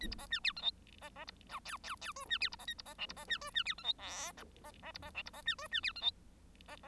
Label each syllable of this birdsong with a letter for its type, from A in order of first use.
A B C D E F G C C B H I I I J D E B C A B C K B C D J D E F G L C C B C K B C D J D E F G